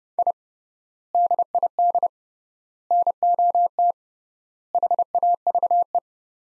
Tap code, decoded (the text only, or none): none